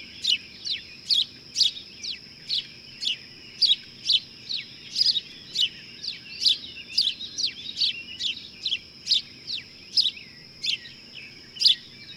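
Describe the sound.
Bird song of sharp, high chirps repeated rapidly, over a steady high-pitched whine throughout.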